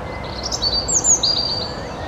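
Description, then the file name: European robin song: a few brief, very high thin whistles, sliding and sustained, over faint steady hiss. "Erithacus rubecula"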